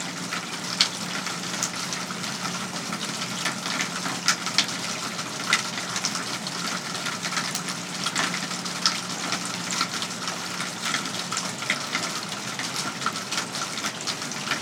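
Heavy rain pours outside a home, water gushing steadily through gutters and downspouts in a dense, unbroken rush. Sharp drips and splashes stand out every second or so, over a low steady hum that fades out around eleven seconds.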